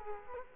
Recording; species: mosquito wingbeat signal from an infrared sensor; Culex quinquefasciatus